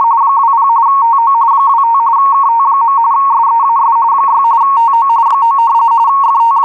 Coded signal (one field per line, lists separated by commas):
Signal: RTTY